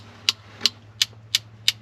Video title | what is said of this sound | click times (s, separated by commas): We didn't know...Our BIGGEST RV MISTAKE | hear that click | 0.3 s, 0.7 s, 1.0 s, 1.3 s, 1.7 s